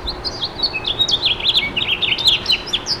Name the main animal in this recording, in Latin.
Haemorhous mexicanus